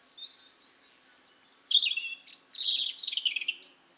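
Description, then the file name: European robin song opening with thin high whistles, then a rush of louder tumbling warbles and fluttering trills. "Erithacus rubecula"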